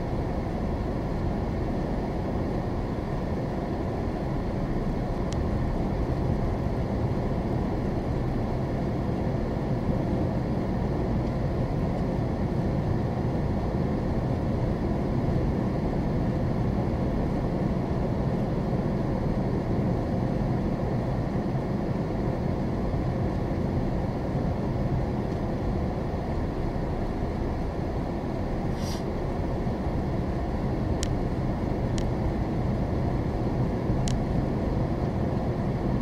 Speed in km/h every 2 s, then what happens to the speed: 19, 19, 21, 24, 29, 32, 31, 32, 34, 35, 32, 29, 24, 19, 19, 24, 27, 31.
4-9 speeds up to 32. 9-17 steady at about 32. 17-26 slows to 19. 26-36 speeds up to 31.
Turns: none.